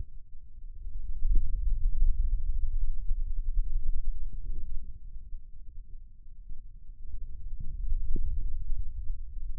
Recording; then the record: forearm muscle sounds (acoustic myography)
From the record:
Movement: radial deviation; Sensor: system 2, bracelet of six BSWA MPA416 microphones around the upper forearm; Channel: 1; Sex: male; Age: 22 years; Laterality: right